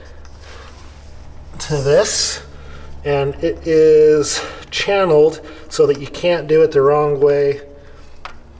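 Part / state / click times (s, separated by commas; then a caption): keyed power connector into the lightbox lighting cable / not seated / none. A keyed red power connector for the lightbox LED lighting is lined up with its mating plug on the lighting cable while someone talks. Brief sharp sounds occur at about 0.2 and 8.2 seconds. Nothing has seated or clicked yet, and the connector is still being handled before it goes home.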